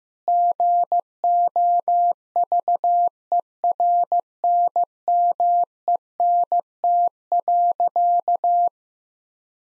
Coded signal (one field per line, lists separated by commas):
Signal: Morse code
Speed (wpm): 15 wpm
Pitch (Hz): 700 Hz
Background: none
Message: GOVERNMENT.